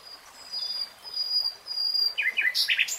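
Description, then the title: Nightingale: songbird with high drawn-out whistles, then a short burst of jumbled chirping notes. Nightingale singing, in a 3-hour real-time recording. "[Tiếng chim hót] 3 Hours REALTIME Nightingale Singing"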